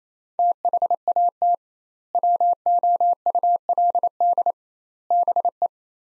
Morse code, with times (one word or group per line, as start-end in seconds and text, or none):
0.4-1.5 THAT
2.1-4.5 WOULD
5.1-5.7 BE